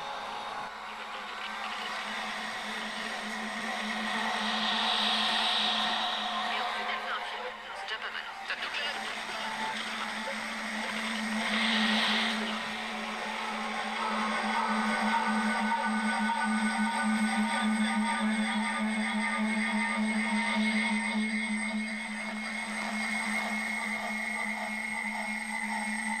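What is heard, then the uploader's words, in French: Echoes piled on echoes build into a huge feedback howl: a steady low hum with several sustained ringing tones stacked above it, dense and continuous. Bright piercing swells flare around 5 and 12 seconds, and the level dips briefly near 8 seconds. Nous les avons allumé et les réglé sur la fréquence 93.9, de Radio Campus Paris. Comme nous sommes en direct, nous pouvons nous écouter en train de nous écouter, l'écho de l'écho de l'écho engendre alors un mega larser !!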